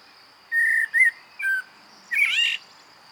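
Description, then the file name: Common blackbird: three short fluted whistled notes, then a loud scratchy high twitter, over a faint hiss and a steady high tone. "Turdus merula"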